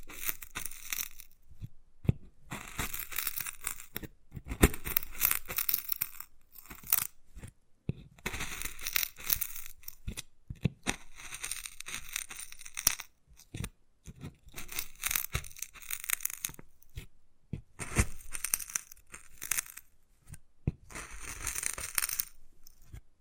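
Wood carving: bursts of dry, bright scratching come in runs of a few seconds, each separated by short pauses. Sharp little taps and clicks are scattered throughout, some landing inside the scraping and others in the quiet gaps.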